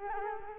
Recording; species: mosquito wingbeat signal from an infrared sensor; Culex quinquefasciatus